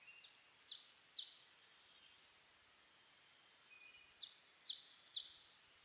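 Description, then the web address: Bird song in two bursts of high, sharp downward-sweeping notes with thin trills, separated by a quiet gap of about two seconds, over faint background hiss. Dawn chorus of birds on 10 May 2010 at 04:01 (reimei, dawn; saezuri, bird chirping); DH-D50 device. "2010 reimei DH-D 50-saezuri-20100510-0401"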